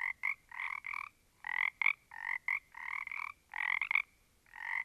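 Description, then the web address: Frogs croaking in fast, raspy bursts, closely spaced and overlapping, with short breaks between them. A small group of frogs. "static audio olofonia Small Group of Frogs"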